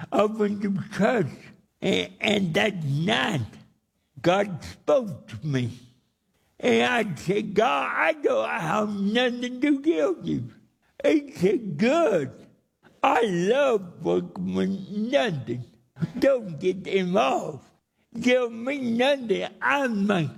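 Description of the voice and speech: Adult male speaker with dysarthria due to cerebral palsy, giving a spoken testimony in short phrases separated by pauses, with prolonged vowels and imprecise articulation; somewhat difficult to understand.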